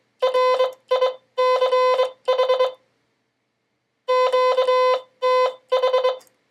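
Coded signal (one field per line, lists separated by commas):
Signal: Morse code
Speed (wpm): 22 wpm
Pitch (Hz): 510 Hz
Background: music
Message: RICH QTH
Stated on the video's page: CW sending practice by a learner nine months into learning Morse, using a phone app.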